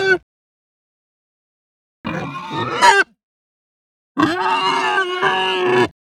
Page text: Hampshire Pig Grunt High Squeal Hungry Distressed. Quick Sounds